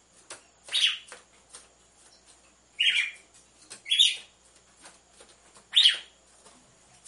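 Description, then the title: Red-cowled cardinal giving four short, bright chirped notes spaced irregularly, with soft ticking clicks in the background. Female song, used to warm up males; with the beat of two males. "Canto Galo Campina Fêmea 01. ESQUENTE GALO DE CAMPINA COM BATIDA DE DOIS MACHOS"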